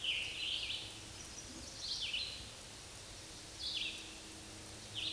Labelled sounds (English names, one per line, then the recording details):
Scarlet Tanager song
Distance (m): 25 m
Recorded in a Pennsylvania forest on 19 May 2023 at 10:23
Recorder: AudioMoth, point grid1_6_low
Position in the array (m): 181 m, 67 m